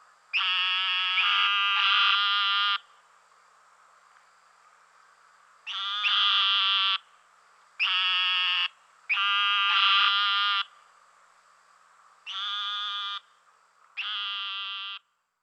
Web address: Dan Gibson Wildlife Identification By Sound, Western North America. Eastern Narrowmouth Toad